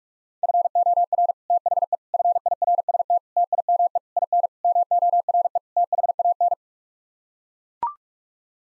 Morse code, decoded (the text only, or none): FOR THE FIRST TIME IN MORE THAN